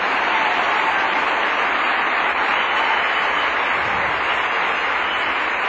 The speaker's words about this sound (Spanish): Démosle un aplauso al nuevo dueño.